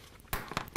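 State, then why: Seated. During an S&S performance cam upgrade on a stock 2010 Harley-Davidson FLTRX motorcycle engine, a camshaft and chain assembly with a wavy "potato chip" spring washer preloading the cam is pressed home into the metal cam support plate. After a quiet start, sharp metallic snaps ring out at 0.3, 0.6 and 0.8 seconds. The cam is seated and snapped into place, and the assembly is tight.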